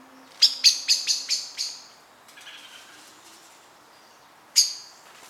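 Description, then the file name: Common blackbird uttering a quick string of several sharp chinks that fades, a softer note, and one more loud chink after a pause. "Turdus merula"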